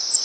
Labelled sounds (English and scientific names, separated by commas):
Cape May Warbler (Setophaga tigrina) flight call